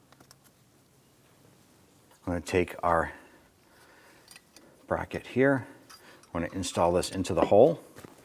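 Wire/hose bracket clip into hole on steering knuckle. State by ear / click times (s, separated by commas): not seated / none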